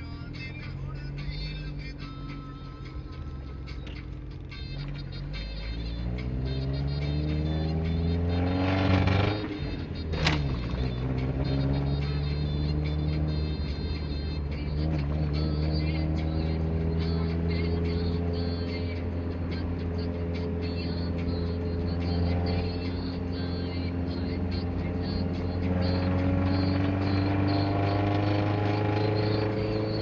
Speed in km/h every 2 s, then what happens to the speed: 10, 12, 18, 24, 29, 34, 33, 37, 38, 38, 39, 39, 43, 48, 49.
0-10 speeds up to 34. 10-22 steady at about 38. 22-30 speeds up to 49.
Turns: 0-5.